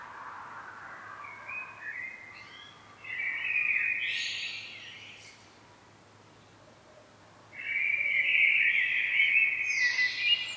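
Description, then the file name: Common blackbird song, a low soft start building into a loud fluty warble with high squeaks, a pause, then another bright phrase. "Turdus merula"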